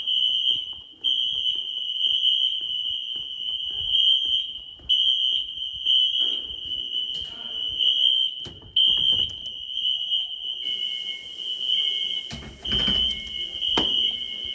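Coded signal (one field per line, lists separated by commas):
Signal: alarm pattern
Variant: Wheelock NS horn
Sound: loud continuous buzzing fire alarm horn with brief dropouts and louder overlapping stretches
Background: knocks and voices in room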